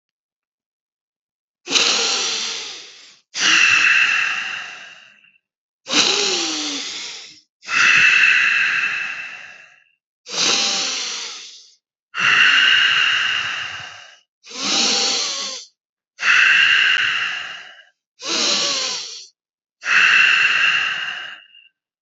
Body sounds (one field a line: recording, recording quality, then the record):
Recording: deep breathing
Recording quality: excellent, no background noise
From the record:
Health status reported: healthy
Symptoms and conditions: none ticked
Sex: male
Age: 29 years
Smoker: not ticked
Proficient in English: yes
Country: United States